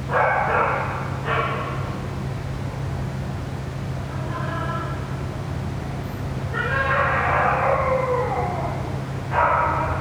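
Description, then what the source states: Dog crying with several tense whines: two at the start, a softer one midway, then a long falling cry and another at the end, all over a continuous low machine drone. Dog crying near a ventilation system.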